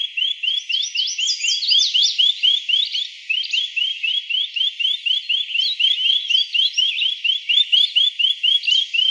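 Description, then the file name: Greater pewee giving a steady series of short rising chirped notes, about two per second, with other high twittering calls over them. Arizona. "GRPE 2 deviche"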